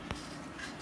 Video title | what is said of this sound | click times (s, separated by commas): How To Service A Bernina 830 Machine (Old Style) | with a little bit of force you can push on a little bit of force to hear the click so you know it's in place | 0.1 s